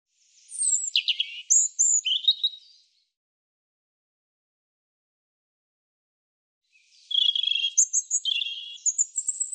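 European robin song: two phrases of high, varied whistles and trills separated by about four seconds of quiet.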